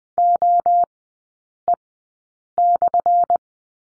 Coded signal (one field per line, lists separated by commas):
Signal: Morse code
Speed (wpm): 20 wpm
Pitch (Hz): 700 Hz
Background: none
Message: OE/